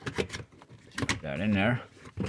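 A new plastic power window and lock switch for a Chevy Silverado is handled and lined up with the grooves of its plastic door panel bezel while someone talks, with a few short handling knocks and rustles. The switch has not snapped into the bezel yet; nothing has seated or clicked by the end of the clip.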